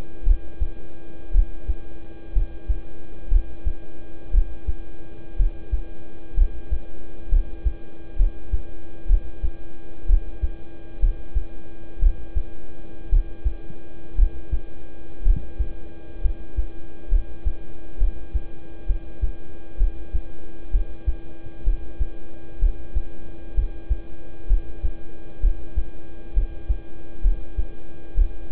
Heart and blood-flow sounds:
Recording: heart sounds by stethoscope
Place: between the tricuspid and mitral areas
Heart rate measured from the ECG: 62 bpm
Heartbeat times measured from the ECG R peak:
0.23 s: heartbeat
1.31 s: heartbeat
2.32 s: heartbeat
3.28 s: heartbeat
4.30 s: heartbeat
5.36 s: heartbeat
6.34 s: heartbeat
7.28 s: heartbeat
8.16 s: heartbeat
9.06 s: heartbeat
10.06 s: heartbeat
10.99 s: heartbeat
11.99 s: heartbeat
13.09 s: heartbeat
14.15 s: heartbeat
15.22 s: heartbeat
16.21 s: heartbeat
17.08 s: heartbeat
17.98 s: heartbeat
18.86 s: heartbeat
19.77 s: heartbeat
20.71 s: heartbeat
21.64 s: heartbeat
22.59 s: heartbeat
23.54 s: heartbeat
24.47 s: heartbeat
25.40 s: heartbeat
26.33 s: heartbeat
27.21 s: heartbeat
28.14 s: heartbeat
From the record:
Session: rest, lying down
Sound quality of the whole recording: good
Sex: male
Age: 26 years

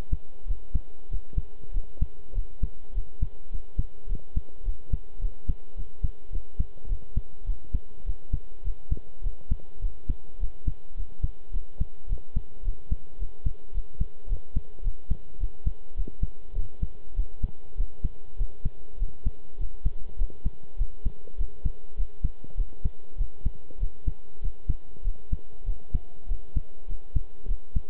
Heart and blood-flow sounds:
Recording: heart sounds by stethoscope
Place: between the tricuspid and mitral areas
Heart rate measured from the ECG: 102 bpm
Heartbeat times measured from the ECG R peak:
0.47 s: heartbeat
1.10 s: heartbeat
1.73 s: heartbeat
2.34 s: heartbeat
2.94 s: heartbeat
3.51 s: heartbeat
4.08 s: heartbeat
4.65 s: heartbeat
5.21 s: heartbeat
5.76 s: heartbeat
6.32 s: heartbeat
6.88 s: heartbeat
7.46 s: heartbeat
8.06 s: heartbeat
8.64 s: heartbeat
9.23 s: heartbeat
9.81 s: heartbeat
10.40 s: heartbeat
10.96 s: heartbeat
11.53 s: heartbeat
12.08 s: heartbeat
12.64 s: heartbeat
13.19 s: heartbeat
13.74 s: heartbeat
14.29 s: heartbeat
14.84 s: heartbeat
15.40 s: heartbeat
15.96 s: heartbeat
16.55 s: heartbeat
17.16 s: heartbeat
17.77 s: heartbeat
18.38 s: heartbeat
18.99 s: heartbeat
19.58 s: heartbeat
20.18 s: heartbeat
20.78 s: heartbeat
21.38 s: heartbeat
21.97 s: heartbeat
22.57 s: heartbeat
23.17 s: heartbeat
23.79 s: heartbeat
24.42 s: heartbeat
25.04 s: heartbeat
25.65 s: heartbeat
26.28 s: heartbeat
26.88 s: heartbeat
27.47 s: heartbeat
From the record:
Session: pedaling a stationary bicycle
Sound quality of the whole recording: good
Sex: male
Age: 23 years

